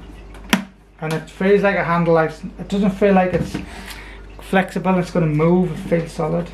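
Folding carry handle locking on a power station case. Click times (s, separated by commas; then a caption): 0.5 s. The folding plastic carry handle of a Growatt VITA 550 portable power station is flipped up and gives a sharp click at 0.5 s as it locks into position. Someone then talks over a quiet background, and the handle is held firmly in place and feels solid.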